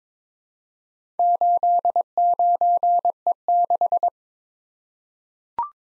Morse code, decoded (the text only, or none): 89E6